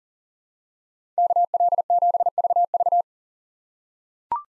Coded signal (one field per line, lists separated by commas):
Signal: Morse code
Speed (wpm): 40 wpm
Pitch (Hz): 700 Hz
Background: none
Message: KL7VV